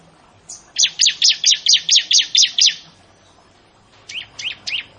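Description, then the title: Bar-winged prinia sings a fast run of about nine sharp, high chirps, followed after a pause by three softer notes. "Ciblek Sawah"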